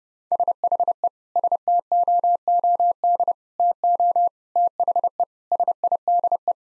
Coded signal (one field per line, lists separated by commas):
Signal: Morse code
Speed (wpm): 32 wpm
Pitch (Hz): 700 Hz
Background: none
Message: SHE STOOD TO THE SIDE